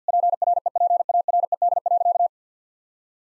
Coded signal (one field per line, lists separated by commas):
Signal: Morse code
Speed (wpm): 50 wpm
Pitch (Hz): 700 Hz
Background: none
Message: PREPARED.